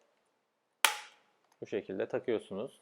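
An attachment head is fitted onto the nozzle of a Xiaomi Mi Handheld Vacuum Cleaner 1C and seats with a single loud, sharp plastic snap at 0.9 s that rings off over about a third of a second. After a short quiet gap, someone talks.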